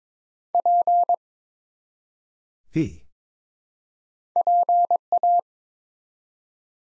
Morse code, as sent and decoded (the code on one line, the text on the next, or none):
.--. / .--. .-
P PA